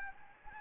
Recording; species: mosquito wingbeat signal from an infrared sensor; Anopheles gambiae